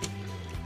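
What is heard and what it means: A plastic hook tab on a Black Mamba BMB LS-09 Weapon Expert transforming robot figure is clipped into the figure's body, giving a single sharp, short click at 0.0 s over a steady low tonal hum. The hook is latched in place and will not fall off.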